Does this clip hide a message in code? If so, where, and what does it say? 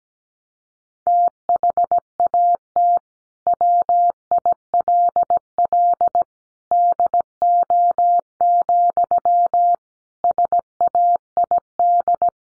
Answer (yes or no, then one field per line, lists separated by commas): yes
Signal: Morse code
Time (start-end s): 1.1-12.3 s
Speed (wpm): 17 wpm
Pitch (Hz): 700 Hz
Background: none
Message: THAT WILL DO, SAID